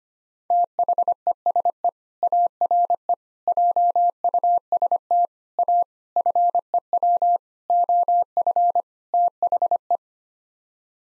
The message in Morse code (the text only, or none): THESE ARE JUST A FEW OF THE